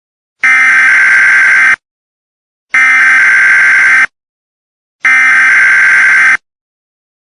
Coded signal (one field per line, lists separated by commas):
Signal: Emergency Alert System (SAME) tones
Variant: header bursts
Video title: EAS Scenario - NP Cable Anti-Piracy